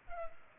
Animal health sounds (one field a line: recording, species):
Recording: mosquito wingbeat signal from an infrared sensor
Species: Culex pipiens